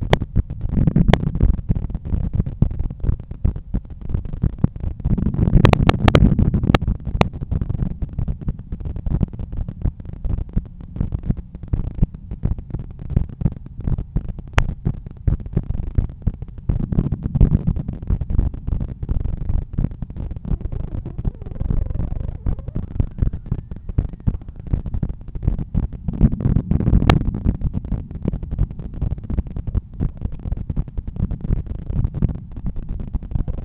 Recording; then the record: heart sounds by stethoscope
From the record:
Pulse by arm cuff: 83 bpm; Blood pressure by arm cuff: 131/83 mmHg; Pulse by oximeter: 84 bpm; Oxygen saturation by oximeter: 96%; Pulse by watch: 96 bpm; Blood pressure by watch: 131/86 mmHg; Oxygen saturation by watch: 97%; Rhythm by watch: sinus rhythm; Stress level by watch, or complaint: low stress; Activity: after 5 min smoking and 1 beer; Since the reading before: plus 1000 steps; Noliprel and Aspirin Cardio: after pills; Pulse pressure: 48 mmHg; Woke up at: 7:50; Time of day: 12:46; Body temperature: 36.3 C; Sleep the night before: 7 h 52 min, score 75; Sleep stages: REM 24%, light 55%, deep 12%, awake 9%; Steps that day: 9500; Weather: cloudy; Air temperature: 20.7 C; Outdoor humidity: 68%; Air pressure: 1014 hPa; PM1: 5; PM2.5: 8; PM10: 10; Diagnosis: hypertension, treated with Noliprel and Aspirin Cardio 100 mg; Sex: male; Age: 53 years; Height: 174 cm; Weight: 81 kg